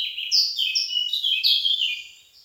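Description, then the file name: Eurasian blackcap singing a quick, varied warble of high chattering notes, fading toward the end. "Sylvia atricapilla"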